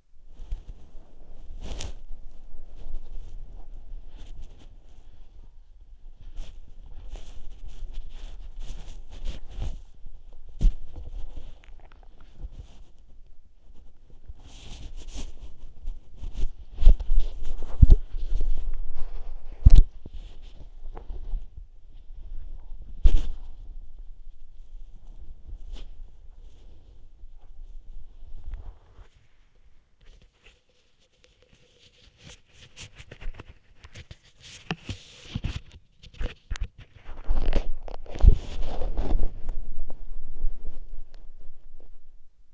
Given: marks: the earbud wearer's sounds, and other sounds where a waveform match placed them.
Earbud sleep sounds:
sounds in sleep by an in-ear microphone; body movement
0.00-42.54 s: body movement

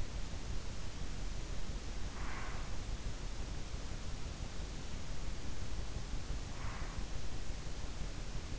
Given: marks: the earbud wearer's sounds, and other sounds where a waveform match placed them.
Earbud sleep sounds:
sounds in sleep by an in-ear microphone; breath
2.16-2.80 s: breath
6.50-7.05 s: breath

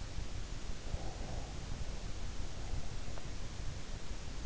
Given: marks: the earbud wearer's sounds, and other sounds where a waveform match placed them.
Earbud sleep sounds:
sounds in sleep by an in-ear microphone; breath
0.58-3.12 s: breath

